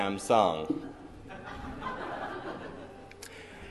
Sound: laughter